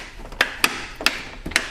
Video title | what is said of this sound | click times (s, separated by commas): BMW F30 F31 DIAMOND CUT FRONT GRILL KIDNEY UPDATE 328i 320i 335i 316i 318i 316d 318d 320d 325d 328d | Okay, just align everything here on the bottom and push in until it clicks in place. | 0.4 s, 0.6 s, 1.1 s, 1.6 s